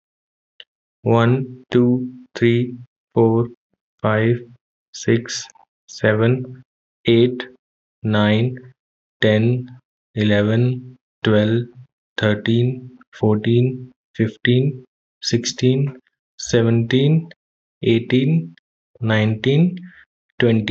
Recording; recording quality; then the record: counting at a normal pace; moderate, slight background noise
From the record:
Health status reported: healthy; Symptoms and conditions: none ticked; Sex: male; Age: 29 years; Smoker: not ticked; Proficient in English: yes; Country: India